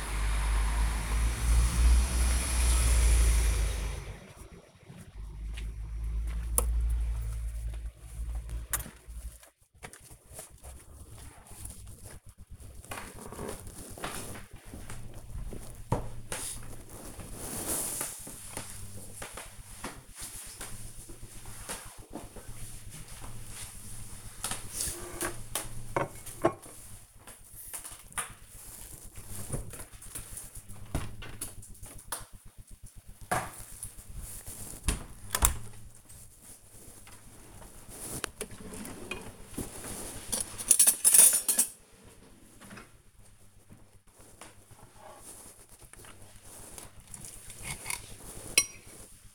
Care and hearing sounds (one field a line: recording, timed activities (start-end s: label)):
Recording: household activities, microphone on the right wrist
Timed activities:
0.00-33.95 s: going for a walk with dog